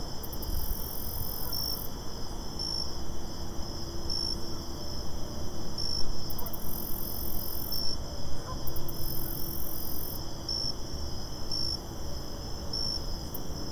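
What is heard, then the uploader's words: Crickets chirp steadily through a park at night, a dense, high, pulsing trill that never lets up, with brief brighter chirps every second or two. Underneath, a low rumble of traffic hums constantly, swelling slightly around the middle. The Park at Night.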